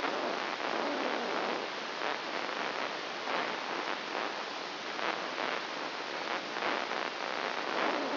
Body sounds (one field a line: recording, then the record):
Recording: brain microelectrode recording played as sound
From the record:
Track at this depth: inside the subthalamic nucleus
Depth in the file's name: 1.956 mm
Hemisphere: left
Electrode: 1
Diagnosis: Parkinson's disease